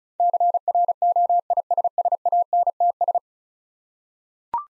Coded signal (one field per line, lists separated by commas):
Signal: Morse code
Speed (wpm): 36 wpm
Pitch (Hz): 700 Hz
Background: none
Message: CROISSANTS